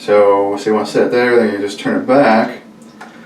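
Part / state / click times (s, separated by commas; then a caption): toilet fill valve height adjustment shaft locking into the valve body / seated / 3.0 s. A Korky toilet fill valve is set to its fill height, and its plastic height-adjustment shaft is turned back into the valve body while someone talks. A short tick at 3.0 s marks the shaft locking in place.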